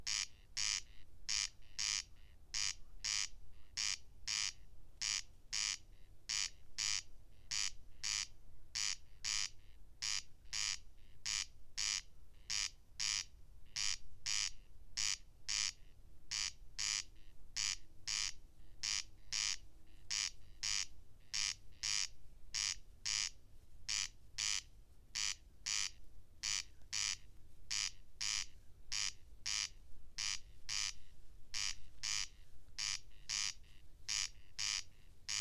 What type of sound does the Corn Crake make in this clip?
song